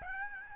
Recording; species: mosquito wingbeat signal from an infrared sensor; Aedes albopictus